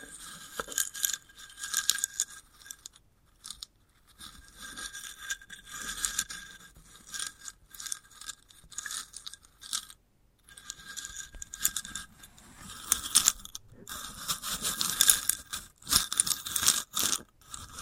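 Dry, crisp scratching and rustling on a sunflower head, made of dense bursts of fine crackle with short silent gaps between them. The sound is bright and papery, with tiny tapping ticks scattered throughout and a louder, busier stretch near the end.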